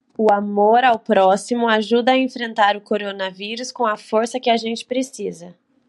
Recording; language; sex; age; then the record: spoken sentence; Brazilian Portuguese; female; 20 to 29 years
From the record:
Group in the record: control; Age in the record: 24 years